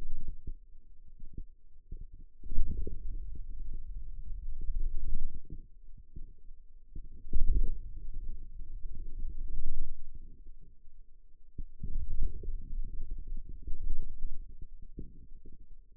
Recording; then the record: forearm muscle sounds (acoustic myography)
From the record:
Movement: wrist extension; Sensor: system 2, bracelet of six BSWA MPA416 microphones around the upper forearm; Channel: 2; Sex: male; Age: 22 years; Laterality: right